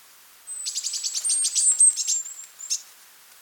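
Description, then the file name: Great tit calling, a quick run of bright chirping notes for about two seconds, with a thin high whistle line above, then one last note and quiet. "Parus major"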